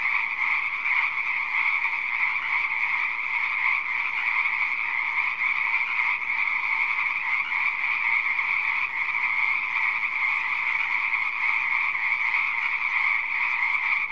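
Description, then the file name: Frogs in full chorus, a thick, steady croaking that runs without a break for about fourteen seconds. "audio hero Frog"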